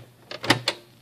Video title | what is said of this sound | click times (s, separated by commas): How to Fix a Computer that won't boot | go ahead and put the optical drive back in the system, line it up with the grooves, lock it in place. | 0.5 s, 0.7 s